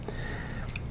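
A steel bolt is dropped into the bolt carrier of an IWI US Carmel rifle during reassembly of the bolt group and rotated until it clicks into place at 0.8 s. After that it won't rotate any more, showing it is seated correctly.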